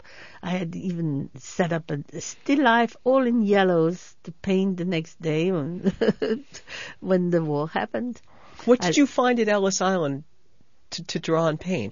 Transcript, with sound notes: I had even set up a still life all in yellows to paint the next day ( she laughs ) when the war happened.
What did you find at Ellis Island to draw and paint?